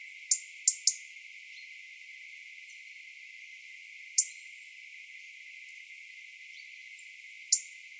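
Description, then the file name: European robin giving loud, sharp tick notes: a rapid trio at the start, then single ticks every three seconds or so, over a light hiss. "Erithacus rubecula"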